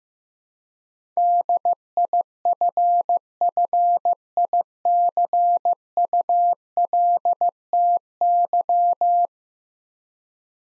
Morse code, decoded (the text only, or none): DIFFICULTY